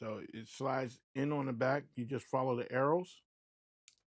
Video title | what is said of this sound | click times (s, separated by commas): Compact Microphone War | you'll hear a little click and this | 3.9 s